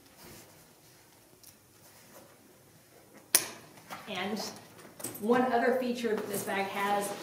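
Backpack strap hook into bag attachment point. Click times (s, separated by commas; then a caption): 1.5 s, 3.4 s. On an eBags Mother Lode bag, the small end hooks of the stowable backpack straps are pulled out and snapped one after the other into the bag's attachment points. A faint click at 1.5 seconds is followed by a much sharper, louder snap at 3.4 seconds as each hook seats in place, and then someone talks.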